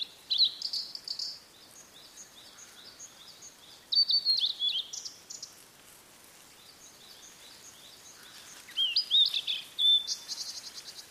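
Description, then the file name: Blue-and-white flycatcher song, three separate phrases of high slurred whistles with trailing harsh buzzy notes, quiet background between them. "oruri"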